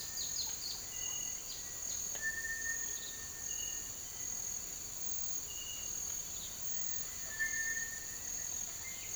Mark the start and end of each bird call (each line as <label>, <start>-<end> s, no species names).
bird call, 0.00-0.86 s
bird call, 2.14-3.61 s
bird call, 7.28-8.63 s